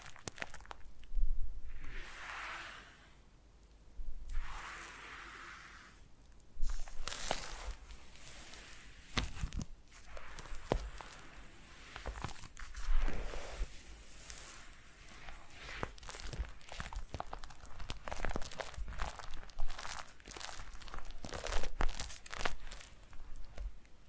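Foam being massaged and squeezed, with soft rubbing swishes early on around one and four seconds, then a busier stretch of squeaks, crinkles and crunchy rubs. Strokes come in irregular bursts, some sharp and bright, others muffled, with brief quieter gaps between.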